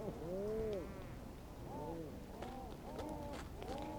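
Rhinoceros auklet gives one strong drawn-out groan, followed by softer, shorter moaning notes from further calls over a low background hiss.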